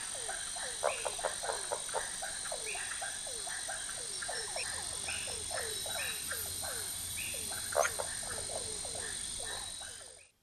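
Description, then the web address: Brownbelly leaf frog giving rapid, repeated short downward-sliding clucks throughout, set against a constant shrill insect hum and a busy chorus. Recorded in the Ecuadorian Amazon. "Natures Songs S America Frogs of Ecuadorian Amazon Phyllomedusa tarsius"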